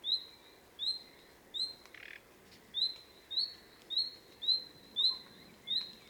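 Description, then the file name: Common nightingale giving a clear upslurred whistle, repeated several times at short intervals, with one brief harsh rasp partway through. "Luscinia megarhynchos"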